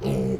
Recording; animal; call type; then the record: contact call of a hoofed animal; pig; closed-mouth grunt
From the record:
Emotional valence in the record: negative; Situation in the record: short social isolation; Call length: 0.39 s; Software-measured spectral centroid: 2010 Hz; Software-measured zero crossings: 920 a second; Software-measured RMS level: -25 dBFS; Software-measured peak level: -15 dBFS